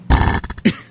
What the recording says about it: That was a burp and a cough. A blurf. I will suppress this. I will force it down. It came up.